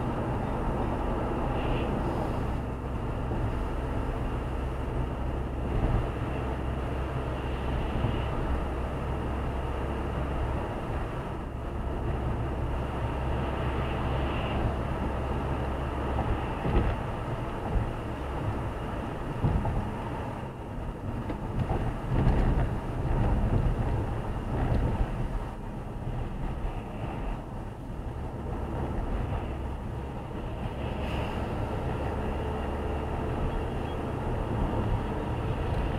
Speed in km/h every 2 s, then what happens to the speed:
94, 96, 98, 100, 102, 101, 102, 102, 98, 94, 86, 80, 76, 76, 77, 80, 84, 86.
0-14 steady at about 100. 14-24 slows to 76. 24-36 speeds up to 86.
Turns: none.